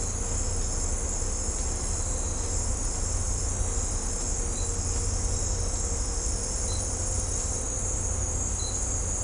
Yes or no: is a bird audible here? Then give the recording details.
no. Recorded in secondary vegetation near Puerto Asís, Putumayo, Colombia, on 18 December 2024 at 16:30. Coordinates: 0.502, -76.326. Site G028